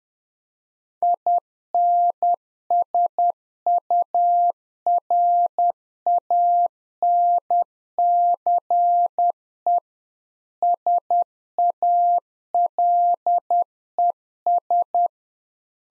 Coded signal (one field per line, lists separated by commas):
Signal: Morse code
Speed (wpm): 10 wpm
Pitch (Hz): 700 Hz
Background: none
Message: INSURANCE SALES